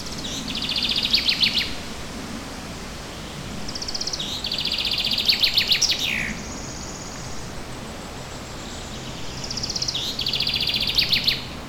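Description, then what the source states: Bird song given three times, each a rapid high trill ending in a downward slur, over steady noise. Recorded in a forest, with forest ambience.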